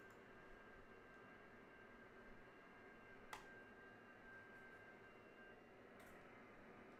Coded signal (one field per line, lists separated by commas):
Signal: FT8